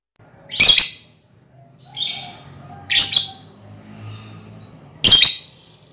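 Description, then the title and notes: Lovebird chirps: four loud, harsh, high-pitched bursts spaced roughly a second or more apart, with quiet gaps between them. Lovebird ngekek song style, used as a lure song (kicau pancingan). "Master Kicau Lovebird ngekek, kicau pancingan"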